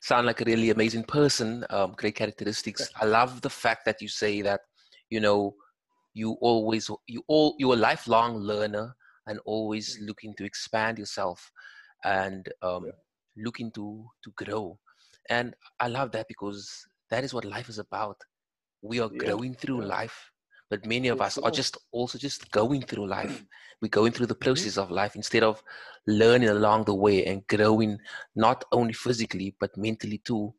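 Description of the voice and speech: A man speaks fluently in an even, low-pitched voice, with natural pauses and a few 'um' fillers between phrases. Ordinary conversational speech by one speaker, with clear articulation and no sign of a voice or speech disorder.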